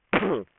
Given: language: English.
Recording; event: throat vibration sensor signal played as sound; cough